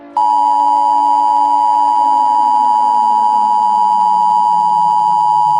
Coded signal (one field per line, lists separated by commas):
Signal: Emergency Alert System (SAME) tones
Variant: 853 and 960 Hz attention tone